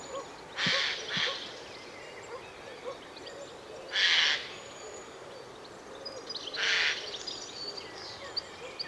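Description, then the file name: Eurasian jay giving harsh, rasping screeches: a quick double burst, then single screeches at about three-second gaps over faint background hiss. "Garrulus glandarius"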